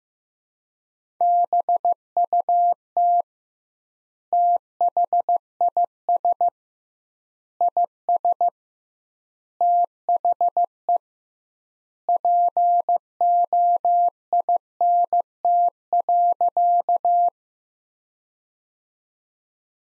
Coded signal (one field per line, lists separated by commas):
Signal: Morse code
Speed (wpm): 15 wpm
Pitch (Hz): 700 Hz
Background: none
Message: BUT THIS IS THE POINT.